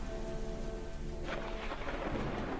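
Heavy rain pours down in a steady, dense hiss, with a low rumble of thunder rolling underneath and a brief surge of brighter splashing midway through. No one speaks.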